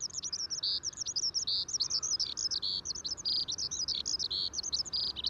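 Eurasian skylark singing a fast continuous run of high chirps, buzzy bursts and short trills, delivered without pause over a steady low background hiss.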